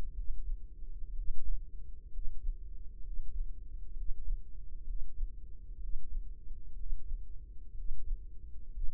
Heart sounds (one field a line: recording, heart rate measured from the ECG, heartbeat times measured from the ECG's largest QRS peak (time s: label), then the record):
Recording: heart sounds by microphone in the right ear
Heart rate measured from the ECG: 63 bpm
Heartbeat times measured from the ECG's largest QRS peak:
0.13 s: heartbeat
1.13 s: heartbeat
2.10 s: heartbeat
3.02 s: heartbeat
3.94 s: heartbeat
4.84 s: heartbeat
5.79 s: heartbeat
6.75 s: heartbeat
7.74 s: heartbeat
8.72 s: heartbeat
From the record:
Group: healthy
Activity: Valsalva maneuver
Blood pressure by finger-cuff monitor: 88/57 mmHg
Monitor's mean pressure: 64 mmHg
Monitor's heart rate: 63 bpm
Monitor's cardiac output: 4.6 L/min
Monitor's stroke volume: 74 mL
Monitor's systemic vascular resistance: 970 dyn s/cm5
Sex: female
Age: 28 years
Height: 170 cm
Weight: 77 kg